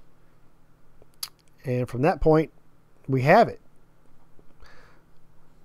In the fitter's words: we slide this little panel back on and that snaps into place